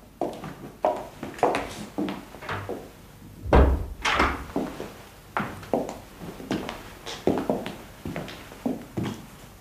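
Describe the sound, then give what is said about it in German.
A door opens as a woman visitor waiting outside is invited in, amid a run of sharp clicks, knocks and rattles, with one heavier low thump partway through; no one speaks. “Und die einzige Person, die diese Möglichkeit hatte, steht vor der Tür. Kommen Sie doch herein.”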